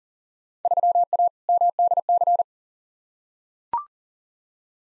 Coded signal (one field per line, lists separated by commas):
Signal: Morse code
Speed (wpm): 40 wpm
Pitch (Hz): 700 Hz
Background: none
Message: 3A MDC